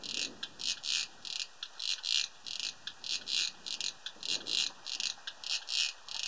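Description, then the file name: Cricket calling with repeated short, shrill pulses, slightly uneven in length, steady throughout. Recorded 31 August 2007; audio filtered. "Gropper Cricket"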